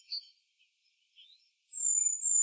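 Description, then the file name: Great tit calling, with a short chirp and a brief soft note before a long, level, very high-pitched thin whistle to the end. "Parus major"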